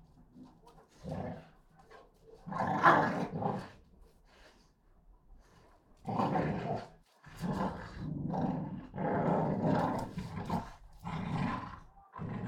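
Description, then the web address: American Pit Bull Terriers snarl and growl in harsh bursts of varying length, separated by quieter pauses. Two pit bulls, Tessa and Bahko, fighting each other. "NS Studios - ultra sound collection animals dogs - Pit bull Tessa Pit bull Bahko fight"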